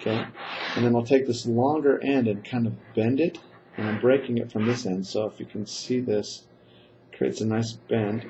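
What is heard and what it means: A section of magnetic balls is being handled while building a magnetic ball cube, with a business card bent by hand to serve as a guide. Someone talks throughout as the card is bent. Nothing has seated or clicked into place yet.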